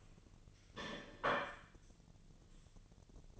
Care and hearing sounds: daily activity, microphone in the room; place plate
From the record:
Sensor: 4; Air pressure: 1010.2 hPa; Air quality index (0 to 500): 181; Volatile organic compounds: 5 ppm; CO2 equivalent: 1832 ppm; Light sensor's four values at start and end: 31/92/36/36 and 31/92/36/36

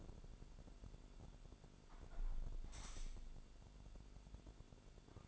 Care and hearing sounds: daily activity, microphone in the room; close window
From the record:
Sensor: 5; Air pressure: 1006.6 hPa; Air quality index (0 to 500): 195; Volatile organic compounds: 6 ppm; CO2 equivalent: 1860 ppm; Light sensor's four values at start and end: 57/161/62/63 and 57/161/62/63

